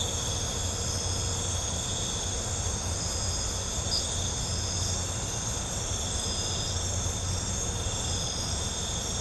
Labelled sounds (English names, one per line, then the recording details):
none
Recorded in pastures near Puerto Asís, Putumayo, Colombia, on 16 December 2024 at 00:30
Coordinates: 0.502, -76.324
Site G077